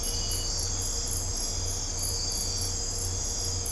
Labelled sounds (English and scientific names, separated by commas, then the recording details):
none
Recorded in dense forest near Puerto Asís, Putumayo, Colombia, on 22 December 2024 at 01:00
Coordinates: 0.503, -76.323
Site G043